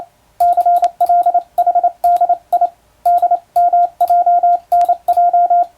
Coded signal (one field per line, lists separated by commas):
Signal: Morse code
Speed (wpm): 28 wpm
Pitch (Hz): 700 Hz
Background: radio noise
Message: CLHDI DMJNJ